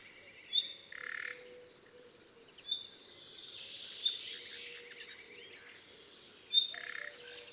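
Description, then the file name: Common nightingale giving brief high whistled notes at uneven gaps, with a few buzzy lower chirps and background noise beneath. "Luscinia megarhynchos"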